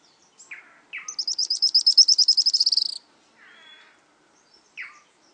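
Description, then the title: Araucaria tit-spinetail giving a fast, high, buzzy trill that swells over about two seconds, framed by a few short sharp notes before and after. "LuckyPassaro Completos2Sama. Araucaria Tit-Spinetail (Leptasthenura setaria)"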